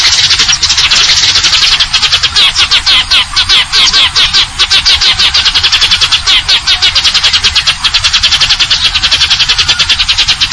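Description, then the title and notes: Eurasian tree sparrow with a long fast trill of high notes, continuous throughout, above a faint low hum. Fighting-type song with long trills and clear voice, used as a masteran tutor recording for contest birds. "GEREJA TARUNG NEMBAK PANJANG SUARA JERNIH MASTERAN WAJIB BURUNG LOMBA. Burung Gereja"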